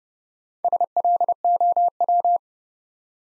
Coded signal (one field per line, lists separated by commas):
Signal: Morse code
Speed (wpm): 30 wpm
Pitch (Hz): 700 Hz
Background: none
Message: SLOW